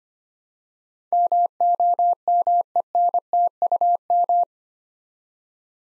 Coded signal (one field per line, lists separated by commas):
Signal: Morse code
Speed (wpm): 25 wpm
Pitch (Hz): 700 Hz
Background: none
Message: MOMENTUM